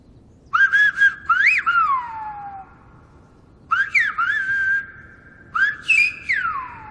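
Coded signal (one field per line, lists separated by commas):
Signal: whistled language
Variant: Silbo Gomero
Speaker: una palabra silbada puede oírse hasta una distancia de kilómetro y medio o dos kilómetros el silbo gomero es un silbo articulado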